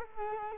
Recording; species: mosquito wingbeat signal from an infrared sensor; Culex quinquefasciatus